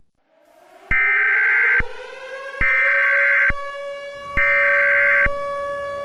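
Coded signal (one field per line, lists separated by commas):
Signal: Emergency Alert System (SAME) tones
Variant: header bursts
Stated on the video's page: Fictional mock EAS scenario about an ancient reborn animal destroying the U.S. and Canada.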